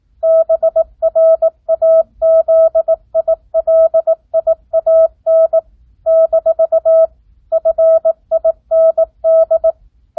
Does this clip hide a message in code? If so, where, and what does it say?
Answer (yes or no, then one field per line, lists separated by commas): yes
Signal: Morse code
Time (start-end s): 0.2-9.7 s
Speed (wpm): 18 wpm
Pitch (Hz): 650 Hz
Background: none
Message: BRAZILIAN - FIND